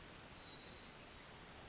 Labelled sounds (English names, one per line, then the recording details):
Pacific Wren
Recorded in Sonoma County, California